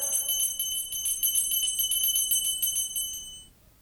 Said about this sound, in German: Famulus, die Glocke!